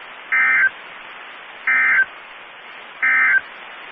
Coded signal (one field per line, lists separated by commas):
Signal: Emergency Alert System (SAME) tones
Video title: EAS 1804-1808 (5/10/22)